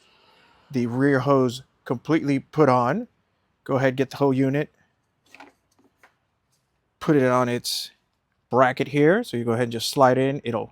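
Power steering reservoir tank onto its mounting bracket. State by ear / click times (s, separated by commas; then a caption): not seated / none. Someone talks while a new plastic power steering reservoir tank for an Altima, with its hoses attached, is picked up and moved into position before being slid onto its mounting bracket. A few faint handling knocks sound between about 5.3 and 6.0 seconds. Nothing has seated or clicked into place yet.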